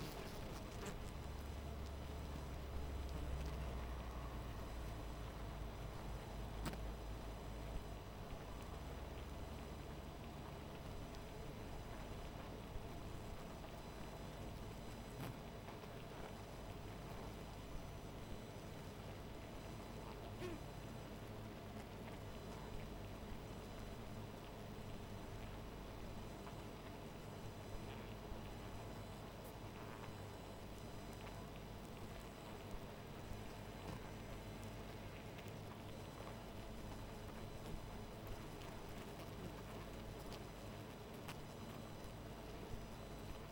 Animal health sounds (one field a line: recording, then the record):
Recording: honeybee colony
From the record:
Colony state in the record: missing queen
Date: 14 July 2017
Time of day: 0:12